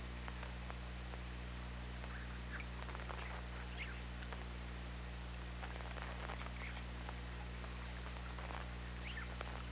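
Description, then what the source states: Killer whale echolocation clicks in quick irregular runs, joined by a few short tonal calls, against a steady low hum and hiss. OrcaLab hydrophone, 24 August 2017, 21:24:32.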